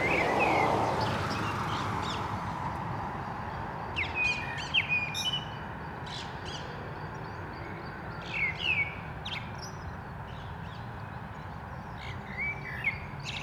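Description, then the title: Common blackbird singing scattered fluting phrases with high twittering ends, spaced a few seconds apart, against constant traffic rumble and a passing vehicle at the start. At Digue du Canal, Anderlecht, Brussels, Belgium, with car traffic; recorded with a mikroUsi Pro microphone into a Zoom F3 recorder. "Digue du Canal, Anderlecht, Bruxelles-Capitale, Belgique - Blackbird and cars"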